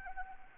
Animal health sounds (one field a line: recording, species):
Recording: mosquito wingbeat signal from an infrared sensor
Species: Anopheles arabiensis